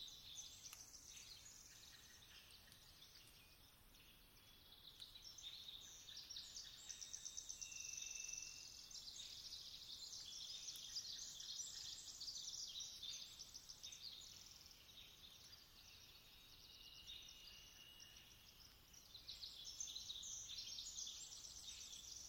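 A dawn chorus in a mountain forest: thin, high chirps and rapid trills overlap into a dense, steady wash of birdsong. It swells louder in the middle and again near the end, with a few longer clear whistles standing out. No low sounds underneath.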